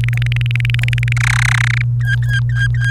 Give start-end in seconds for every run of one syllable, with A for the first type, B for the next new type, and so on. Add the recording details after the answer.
0.04-1.13 A, 1.17-1.82 B, 2.01-2.90 C. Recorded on 29 April 2018 at 16:42. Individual llb3